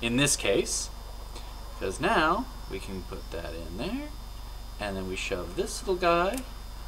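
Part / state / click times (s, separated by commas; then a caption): connector pin lock into gauge wiring connector housing / not seated / none. A plastic locking piece is being handled at a gauge wiring connector housing that already holds four crimped pins, ready to push in and lock them. Someone talks throughout over a steady low background hum. Nothing has seated or clicked yet.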